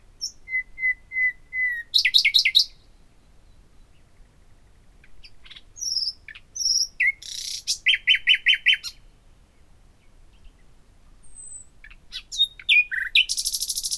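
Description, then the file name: Common nightingale singing varied phrases: a series of pure whistled notes on one pitch, rapid rattling trills, sharp upslurred notes and a closing buzzy burst, separated by short pauses. "Luscinia megarhynchos"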